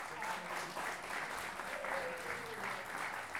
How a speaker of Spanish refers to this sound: Eso. Un aplauso.